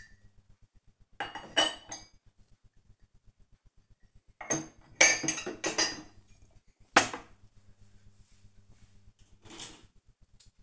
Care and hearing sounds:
household activities, microphone on the right wrist
0.00-10.63 s: cleaning out the dishwasher

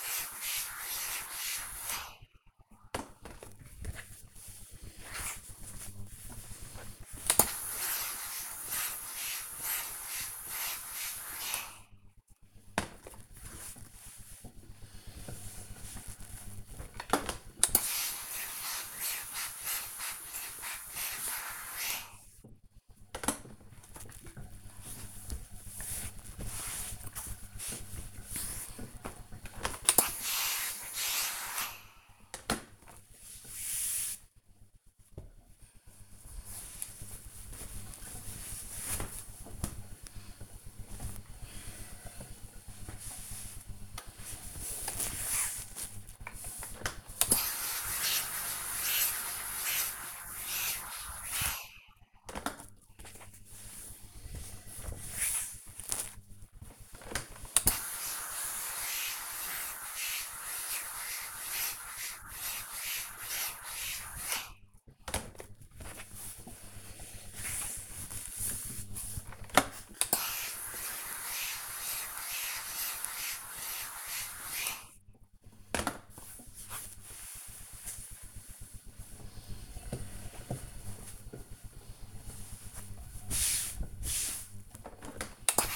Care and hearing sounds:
household activities, microphone on the right wrist
0.00-33.60 s: ironing laundry
45.65-80.78 s: ironing laundry

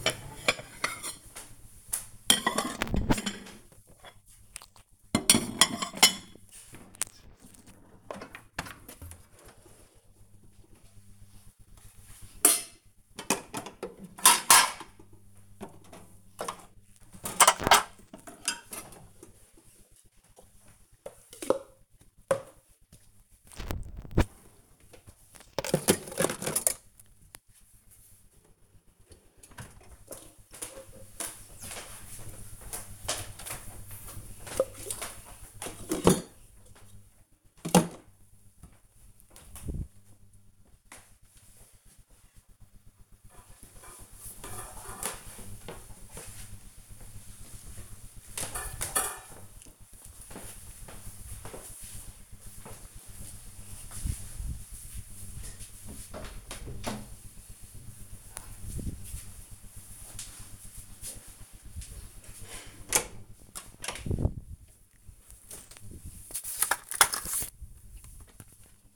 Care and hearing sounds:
household activities, microphone on the right wrist
0.00-39.67 s: putting away the dishes

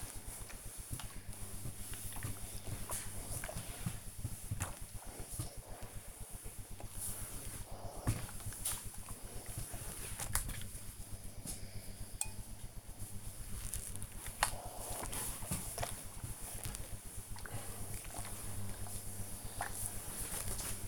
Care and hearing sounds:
household activities, microphone on the right wrist
0.00-20.88 s: ironing laundry

